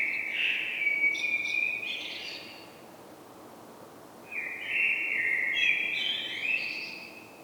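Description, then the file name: Common blackbird with two rich warbling phrases, each ending in thin high squeaks, about four seconds apart; steady faint hiss. "Turdus merula"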